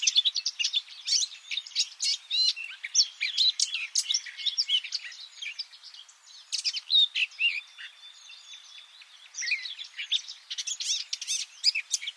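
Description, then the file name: Eurasian blackcap song: rich, rapid warbling bursts and chirps with a short lull in the second half before resuming strongly. "Sylvia atricapilla"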